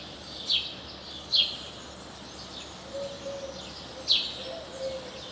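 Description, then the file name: House sparrow giving faint, sharp chirps, three clearer ones irregularly spaced, over steady hissing background noise. "Passer domesticus"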